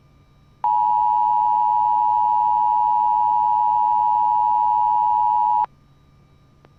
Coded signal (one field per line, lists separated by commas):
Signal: Emergency Alert System (SAME) tones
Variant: 853 and 960 Hz attention tone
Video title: Severe Thunderstorm Warning for Bedford and Somerset, PA (EAS #72)